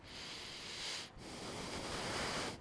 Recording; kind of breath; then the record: one breath in and out by a microphone near the nose and mouth; deep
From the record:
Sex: male